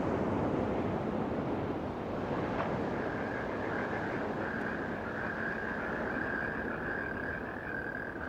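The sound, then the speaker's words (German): A steady, loud wash of sea waves and wind roars without pause as a state yacht crosses the Gulf of Cambay toward a small island in the Perim archipelago, and a thin, high whistling tone rises over it a few seconds in and lingers to the end. No one speaks. “Wir fuhren mit dem Maharaja und ein paar kräftigen Typen von der Leibgarde in deren Hoheit Staatsjacht aufs Meer hinaus, durch den Golf von Cambay, zu einer kleinen Insel im Perim-Archipel.”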